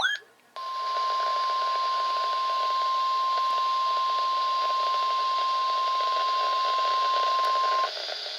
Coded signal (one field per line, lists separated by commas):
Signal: Emergency Alert System (SAME) tones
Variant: 1050 Hz attention tone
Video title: TORNADO WARNING (EAS Alert #1055)